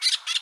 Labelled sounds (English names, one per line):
Brown-throated Parakeet contact call